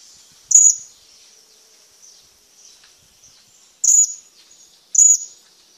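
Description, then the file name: Hanging parrot giving three piercing, high-pitched calls, spaced over several seconds, over a faint thin background twitter. "suara burung serindit"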